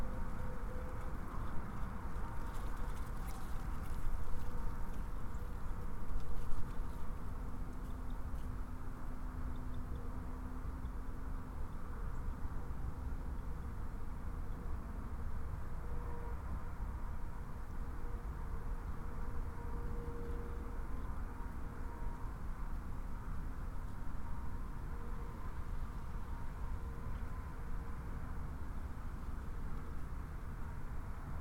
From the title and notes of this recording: Pipewort Pond Nature Preserve. Under eastern red cedar surrounded by oaks on a windy day. Constant distant traffic due to proximity to Interstate 80/90. Crows, bluejays, and rustling oak leaves throughout.